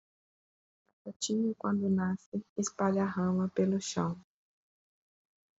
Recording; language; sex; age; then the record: short text; Brazilian Portuguese; female; 40 to 49 years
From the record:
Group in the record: control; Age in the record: 45 years